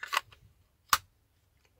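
A Baby Butcher pocket fixed-blade knife is pushed back into its molded kydex sheath after a few light scraping clicks at the start. It seats with a sharp snap at 0.9 s, followed by near silence.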